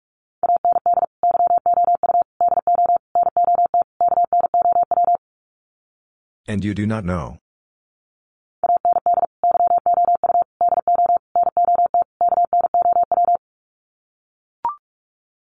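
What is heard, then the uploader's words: A steady mid-pitched Morse code tone beeps in quick bursts, pauses around six seconds for a brief garbled voice, then resumes, ending with a click. Sets of 5 Words Encore2 45wpm. First, the words are sent in Morse code. Then it is spoken. Finally, it is sent again in Morse code.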